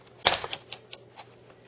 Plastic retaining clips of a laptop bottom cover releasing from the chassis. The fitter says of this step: and that was the normal snap sound the little clicks in here